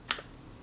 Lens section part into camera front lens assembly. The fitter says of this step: this locks into place because it's there's a little tab on the back of it which